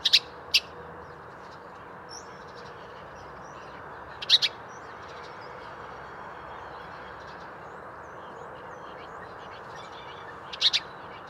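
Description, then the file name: House sparrow chirps in quick doubles at the start, middle and end, separated by quiet gaps with faint twitters and steady low background noise. "Passer domesticus"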